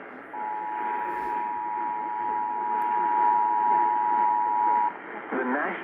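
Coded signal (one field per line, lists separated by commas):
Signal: Emergency Alert System (SAME) tones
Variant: 853 and 960 Hz attention tone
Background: speech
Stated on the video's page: Real EAS flash flood warning received on an AM radio station.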